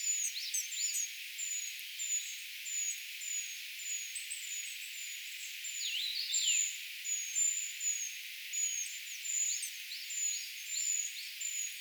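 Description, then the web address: Eurasian treecreeper calls: a dense, overlapping stream of thin, very high, falling notes, as if several birds call together, plus some short sharp chirps. Calls of a brood of young, recorded 4 June 2025; identification tentative. "paivat 4 6 2025 tietaakseni puukiipijapesueen aantelya"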